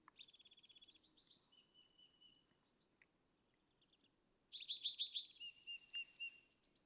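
California thrasher song, soft trilled phrases at first, then a loud burst of rapid repeated notes and upswept whistles over faint background hiss.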